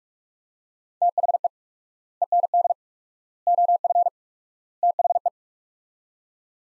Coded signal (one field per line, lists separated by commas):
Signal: Morse code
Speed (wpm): 47 wpm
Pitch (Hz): 700 Hz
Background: none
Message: THE END OF THE